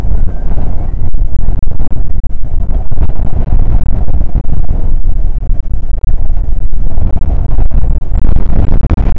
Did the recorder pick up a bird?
no